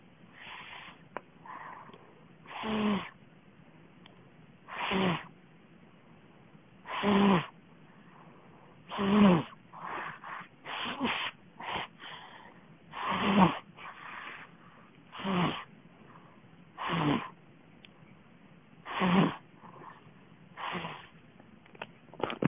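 Rough, rattling noise bursts recur roughly every two seconds, about 29 per minute, with quieter fluttering sounds between them, from an adult snoring in sleep as the airway vibrates with passing air.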